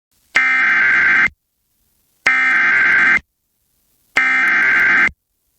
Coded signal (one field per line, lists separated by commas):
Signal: Emergency Alert System (SAME) tones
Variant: header bursts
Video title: Tallahassee SVR EAS #316